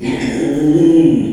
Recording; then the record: squeal of a Yucatan mini pig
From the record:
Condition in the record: after surgery on the right vocal fold (resection and tissue-engineered implant); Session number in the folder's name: 2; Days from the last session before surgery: 13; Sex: male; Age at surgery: 12 weeks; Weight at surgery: 13 kg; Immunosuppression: cyclosporine, prednisolone